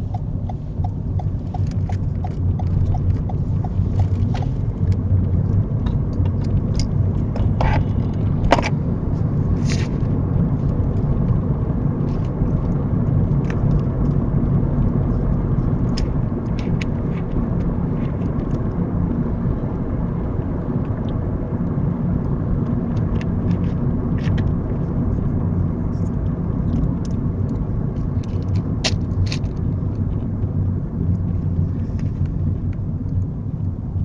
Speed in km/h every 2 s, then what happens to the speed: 24, 27, 35, 42, 47, 52, 53, 53, 55, 55, 53, 48, 45, 40, 35, 29, 19.
0-9 speeds up to 52. 9-19 steady at about 53. 19-34 slows to 19.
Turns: none.